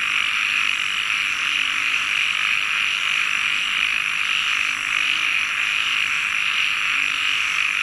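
Frogs calling in a dense, steady chorus, a continuous high trilling buzz that never lets up.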